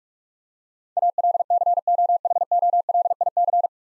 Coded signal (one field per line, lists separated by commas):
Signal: Morse code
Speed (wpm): 46 wpm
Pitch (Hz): 700 Hz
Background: none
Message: ALCOHOLIC